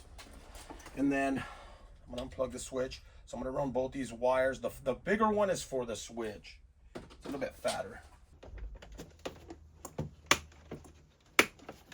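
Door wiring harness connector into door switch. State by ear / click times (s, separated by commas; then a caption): seated / 10.3 s, 11.4 s. Someone talks while routing wires on a 2020 Lexus GX460 door panel, then the door wiring harness connectors are plugged back into the door switch, with a few faint ticks around 9–10 seconds. The connector snaps into place with sharp clicks at 10.3 s and 11.4 s, confirming it is seated, since it can feel like it is going in without actually locking.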